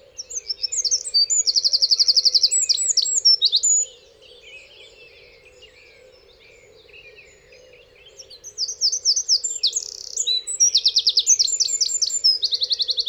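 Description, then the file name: Eurasian wren delivering two energetic bursts of high, fast trilling song separated by several seconds of quiet, with a steady low hum throughout. "ökörszem-hangja"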